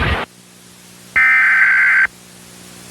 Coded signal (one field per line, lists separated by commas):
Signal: Emergency Alert System (SAME) tones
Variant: header bursts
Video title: (BS-POST) EAS Mini Scenario - Moorcroft II: Invasion of the Evil Robot Dogs (2011)